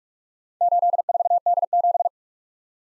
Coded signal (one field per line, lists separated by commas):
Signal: Morse code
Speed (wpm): 47 wpm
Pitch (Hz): 700 Hz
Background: none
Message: 84D7